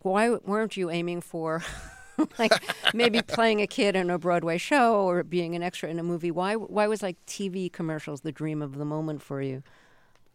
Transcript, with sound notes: Like, why weren't you aiming for...
(LAUGHTER)
...Like, maybe playing a kid on a Broadway show, or being an extra in a movie? Why was like, TV commercials the dream of the moment for you?